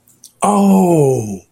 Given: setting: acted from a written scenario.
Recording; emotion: vocal sound without words; realization